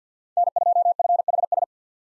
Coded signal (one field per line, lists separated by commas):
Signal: Morse code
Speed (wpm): 50 wpm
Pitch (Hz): 700 Hz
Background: none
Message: N2FHS